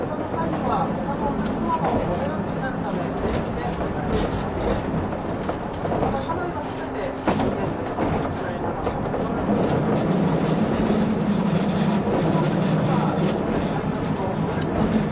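Running sound aboard a 185 series Odoriko 106 train: a steady, dense low rumble of wheels and motors with soft murmuring voices mixed in. A sharp knock lands near seven seconds, and after about ten seconds the run grows louder with a humming drone.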